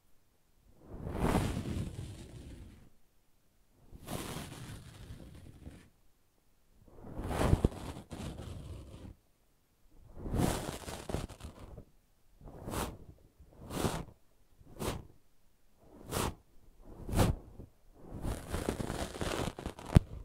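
Brushing and scratching strokes come in separate bursts of rough, hissing noise with full low and bright parts, separated by near-silence. The first strokes are longer and slower, about every three seconds; after the midpoint they grow shorter and quicker, nearly one per second.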